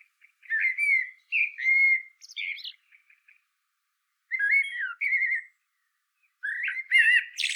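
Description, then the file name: Common blackbird song of melodious fluted whistles, paused between bursts, with a scratchy high twitter at the end. "Turdus merula"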